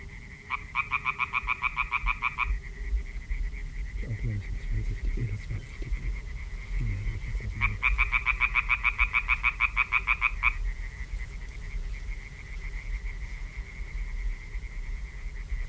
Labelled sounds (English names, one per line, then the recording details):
Common Tree Frog call
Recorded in the wild
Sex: male
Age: adult
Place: Parsteiner See, Barnim, Brandenburg, DE
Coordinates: 52.9578, 13.9856
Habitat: reed
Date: 2006-05-09 21:42
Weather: klare Nacht, 15°C, schwacher bis mäßiger Nordwind
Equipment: Marantz PMD 660, Sennheiser MKH 70, Windkorb, -20dB
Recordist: Frommolt, Karl-Heinz